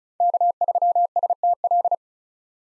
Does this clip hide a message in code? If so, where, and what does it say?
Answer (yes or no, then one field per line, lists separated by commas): yes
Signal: Morse code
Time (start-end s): 0.2-1.9 s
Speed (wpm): 36 wpm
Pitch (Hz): 700 Hz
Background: none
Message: K3STL